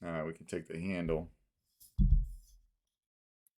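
Someone talks while picking up the handle section of a "The Darkness V3" crossguard lightsaber by SP Sabers & Props and Phoenix Props, lining up its notch with the switch area before putting it on the hilt, with music in the background. A low thump follows around 2.0–2.5 s, then a faint tick near 3.5 s. Nothing has seated or clicked yet.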